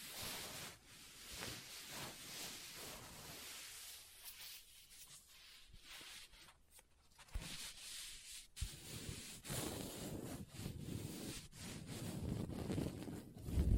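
Hands handle a book, with dry scratching and rubbing against paper and cover running throughout. Soft taps and brushing strokes come in quick, uneven bursts, easing off for a few seconds in the middle before growing denser and louder toward the end.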